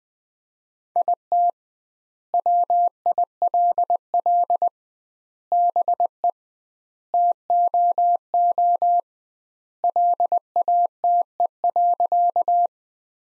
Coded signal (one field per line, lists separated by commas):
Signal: Morse code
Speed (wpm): 20 wpm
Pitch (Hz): 700 Hz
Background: none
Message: IT WILL BE TOO LATE.